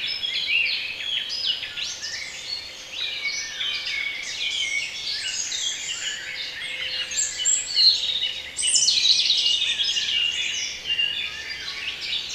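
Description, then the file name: Birds in full chorus, rapid overlapping chirps and trills at high pitch, swelling louder for a while in the later part. Intended for relaxation. "relaksacja odglosy ptakow"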